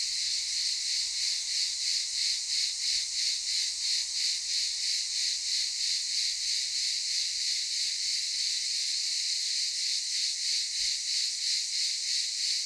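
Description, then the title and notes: Cicadas in a sustained, rasping high-pitched buzz with a regular rhythmic throb near three pulses per second. Cicadas recorded in daytime at Aylak Yaşam Camp, Çıralı, Kemer, Antalya, Turkey. "Ulupınar Mahallesi, Çıralı Yolu, 07980 Kemer/Antalya, Turkey - Cicadas daytime. Aylak Yaşam Camp, cicadas in daytime"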